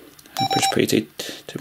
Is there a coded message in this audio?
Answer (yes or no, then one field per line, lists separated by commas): no